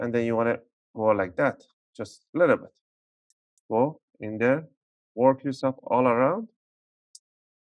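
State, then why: Released. A plastic opening tool is worked around the edge of the keyboard on a Dell Inspiron 14 3437 laptop to pry its plastic retaining tabs loose from the top case / palm rest, while someone talks. At 7.2 s a sharp, short click is heard as a keyboard latch lets go, and the keyboard latch is released.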